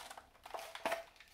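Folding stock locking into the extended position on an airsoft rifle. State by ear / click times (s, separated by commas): seated / 0.9 s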